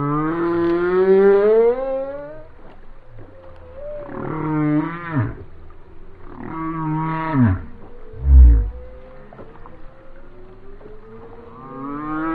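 Whale song with a long rising moan, then two rich calls that sweep downward at their ends, followed by a brief low booming pulse.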